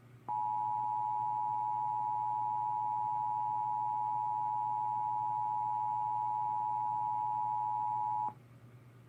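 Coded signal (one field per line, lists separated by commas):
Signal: Emergency Alert System (SAME) tones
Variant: 853 and 960 Hz attention tone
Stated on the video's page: Tornado warning heard on radio station WJON.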